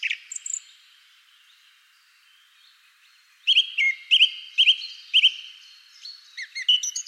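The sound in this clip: Bird calls: a short flurry of high notes, a pause, then a run of sharp chirps, followed by several more high notes.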